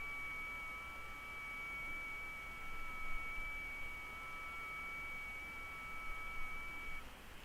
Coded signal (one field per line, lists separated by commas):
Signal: FT8